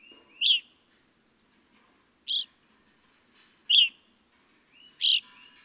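Evening grosbeak repeating four loud, ringing chirps roughly every one and a half seconds, with faint whistled slurs near the start and end.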